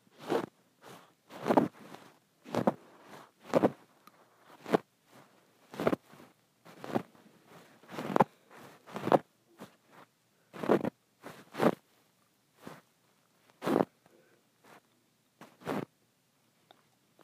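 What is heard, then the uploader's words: Scratching on a bumpy, textured pillow comes as a run of short, rough strokes, roughly one or two per second, each a dry rasp with a sharp start. The strokes vary in strength and spacing, with brief silent gaps between them and a slightly quieter stretch around twelve seconds. ASMR Scratching my Bumpy and Textured Pillow.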